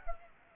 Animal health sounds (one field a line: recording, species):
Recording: mosquito wingbeat signal from an infrared sensor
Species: Culex pipiens